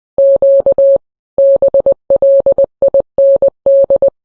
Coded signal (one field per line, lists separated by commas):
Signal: Morse code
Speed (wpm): 20 wpm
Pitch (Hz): 550 Hz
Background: none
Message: Q BLIND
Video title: CQ Blind Hams Open GD77 Round Table